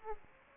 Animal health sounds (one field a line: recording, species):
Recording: mosquito wingbeat signal from an infrared sensor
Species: Aedes aegypti